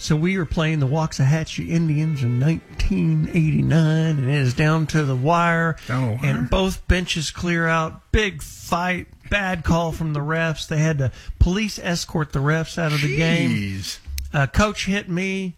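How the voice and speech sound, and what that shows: A man tells a lively high-school football story in clear, fluent, ordinary speech with steady voicing.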